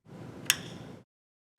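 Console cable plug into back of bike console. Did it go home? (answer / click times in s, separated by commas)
yes / 0.5 s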